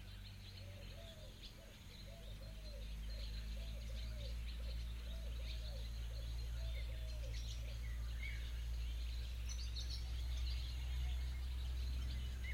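Birds call across the Danube delta: a soft, repeated cooing or trilling phrase rises and falls for the first eight seconds, with scattered bright chirps above it. A low, steady rumble like an engine runs throughout and grows louder toward the end.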